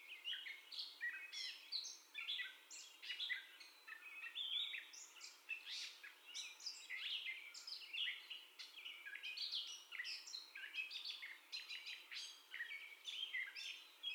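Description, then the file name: Catbird singing a long, rambling run of varied squeaky, mewing and chattering phrases with brief pauses, steady throughout. First song heard, recorded 30 May 2021. "2021-05-30 Catbird First Song"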